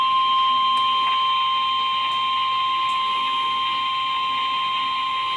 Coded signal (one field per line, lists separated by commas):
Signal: Emergency Alert System (SAME) tones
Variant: 1050 Hz attention tone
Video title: Tornado Warning with Confirmation (Streamed) (EAS Alert #573)